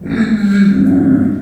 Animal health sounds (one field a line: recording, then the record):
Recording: squeal of a Yucatan mini pig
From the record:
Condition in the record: after surgery on the right vocal fold (resection and tissue-engineered implant)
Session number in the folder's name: 4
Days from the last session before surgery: 26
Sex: female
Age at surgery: 19 weeks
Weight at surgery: 25 kg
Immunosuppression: prednisolone